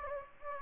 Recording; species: mosquito wingbeat signal from an infrared sensor; Anopheles gambiae